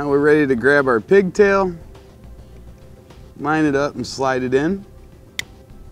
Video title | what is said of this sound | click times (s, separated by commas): etrailer - Installation: Tekonsha Prodigy P2 Trailer Brake Controller on a 2016 Ford F-150 | want to hear that audible click and then you'll be able to push and pull on it without it coming apart that | 5.4 s